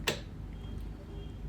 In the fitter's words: इसका मतलब charger lock हो गया है।